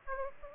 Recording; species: mosquito wingbeat signal from an infrared sensor; Aedes aegypti